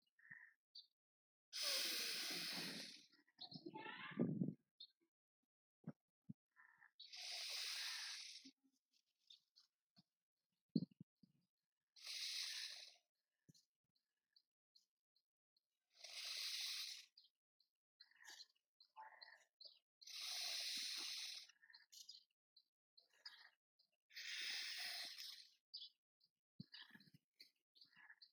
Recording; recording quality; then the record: deep breathing; excellent, no background noise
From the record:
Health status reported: healthy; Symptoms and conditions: none ticked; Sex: male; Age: 25 years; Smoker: yes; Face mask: not worn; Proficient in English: yes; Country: India